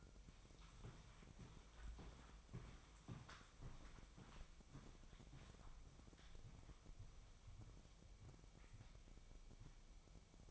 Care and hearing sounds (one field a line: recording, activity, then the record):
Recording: daily activity, microphone in the room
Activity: walk to room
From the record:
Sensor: 1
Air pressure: 999.4 hPa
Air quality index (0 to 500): 197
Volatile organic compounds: 39 ppm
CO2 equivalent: 3127 ppm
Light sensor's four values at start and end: 9/22/9/9 and 10/24/9/10